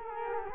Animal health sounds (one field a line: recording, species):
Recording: mosquito wingbeat signal from an infrared sensor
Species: Culex quinquefasciatus